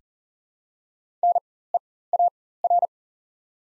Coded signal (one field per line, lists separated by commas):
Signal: Morse code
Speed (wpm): 40 wpm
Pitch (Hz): 700 Hz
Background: none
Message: NEAR